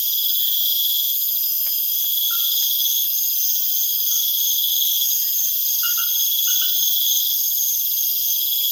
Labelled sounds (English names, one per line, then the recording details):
none
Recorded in pastures near Puerto Asís, Putumayo, Colombia, on 30 June 2025 at 21:30
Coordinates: 0.502, -76.324
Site G010